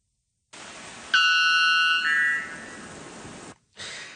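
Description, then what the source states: White bellbird call: a sudden loud, ringing two-part note, a tone that steps up to a slightly higher held tone, lasting over a second, over faint background hiss. White bellbird of the northern Amazon, considered one of the loudest birds in the world; it shrieks. Played back, replayed a second time on radio.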